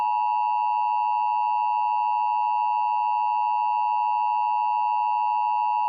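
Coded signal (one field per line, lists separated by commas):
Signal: Emergency Alert System (SAME) tones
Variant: 853 and 960 Hz attention tone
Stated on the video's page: Simulated Minnesota test made with Scratch software.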